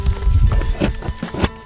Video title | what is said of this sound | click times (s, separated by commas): Evenflo Omni Plus Modular Travel System - Assembly and First Impressions | there we go. Got it locked in. | 0.5 s, 1.4 s